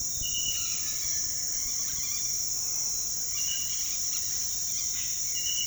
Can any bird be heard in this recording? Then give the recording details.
yes. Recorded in pastures near Puerto Asís, Putumayo, Colombia, on 29 June 2025 at 06:30. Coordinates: 0.466, -76.322. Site GP07